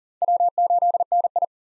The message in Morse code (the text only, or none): W8NI